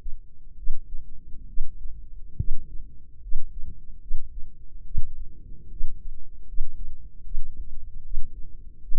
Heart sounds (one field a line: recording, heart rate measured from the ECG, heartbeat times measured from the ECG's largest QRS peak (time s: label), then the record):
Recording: heart sounds by microphone in the left ear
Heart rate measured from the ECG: 73 bpm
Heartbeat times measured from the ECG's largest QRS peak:
0.54 s: heartbeat
1.45 s: heartbeat
2.36 s: heartbeat
3.19 s: heartbeat
3.99 s: heartbeat
4.83 s: heartbeat
5.68 s: heartbeat
6.45 s: heartbeat
7.22 s: heartbeat
8.02 s: heartbeat
8.79 s: heartbeat
From the record:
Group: healthy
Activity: rest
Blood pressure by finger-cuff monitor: 113/74 mmHg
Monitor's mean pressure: 85 mmHg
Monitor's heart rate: 71 bpm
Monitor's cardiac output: 5.6 L/min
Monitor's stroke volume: 80 mL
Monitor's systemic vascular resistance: 1120 dyn s/cm5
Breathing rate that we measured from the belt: 21 breaths a minute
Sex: female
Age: 23 years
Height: 160 cm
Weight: 50.4 kg